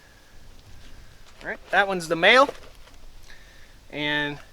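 A female flat-face hydraulic quick coupler is handled near its male fitting, with the sleeve to be slipped back so it connects. Someone talks over quiet background noise, followed by a brief steady tone near the end. Nothing has seated or clicked yet.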